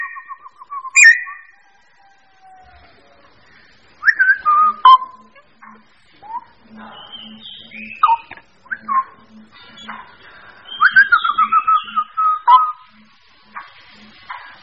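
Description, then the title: Bird calls: varied whistled and slurred phrases in bursts separated by pauses, some rising and falling, with a soft low pulsing tone beneath. Mixed birds. "manuk campur"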